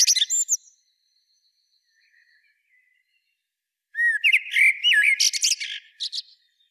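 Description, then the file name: Eurasian blackbird singing: thin high squeaks, a few seconds of near silence, then a fluted warbling phrase topped by sharp, chattering high-pitched twitters. "Turdus merula"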